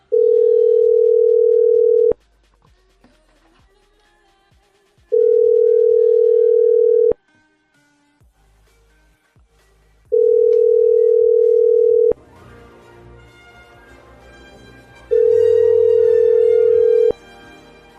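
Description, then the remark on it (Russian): A phone ringback tone sounds four times while a person is being called again, each steady mid-pitched beep lasting about two seconds with roughly three-second gaps between, while faint background noise and music play underneath. “Давайте этому петуху еще раз наберем.”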